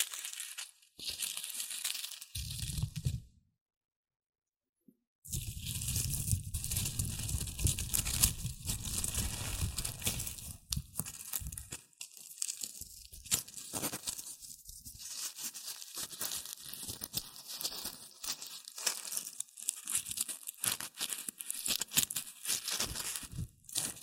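Dense, bright rustling and crinkling runs nearly the whole time, made of rapid irregular crackles with frequent short pauses. A full silence falls around the third to fifth second, and a low rumble joins the crinkling just before and just after that gap.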